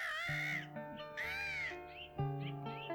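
A seagull cries out in a few loud, harsh, nasal wails that rise and fall in pitch, repeating over a steady low droning tone underneath.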